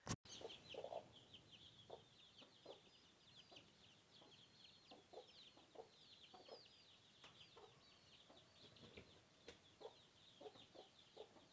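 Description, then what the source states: Chicken clucking in short soft pulses scattered throughout, with thin high squeaky chirps from small birds running steadily above. Swedish countryside (southern Sweden): hens and small chicks, with squeaking tit nestlings.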